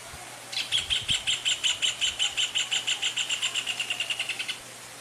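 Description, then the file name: Rufous hornero song: a loud, rapid series of many ringing notes over about four seconds, starting strong and gradually fading, with a faint low hum underneath. "canto do joao de barro"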